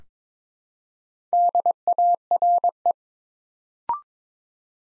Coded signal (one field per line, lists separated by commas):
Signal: Morse code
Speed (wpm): 21 wpm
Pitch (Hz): 700 Hz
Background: none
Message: DARE